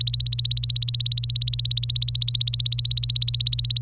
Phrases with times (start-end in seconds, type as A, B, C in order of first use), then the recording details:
0.00-3.82 A. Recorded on 25 April 2018 at 15:00. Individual llb3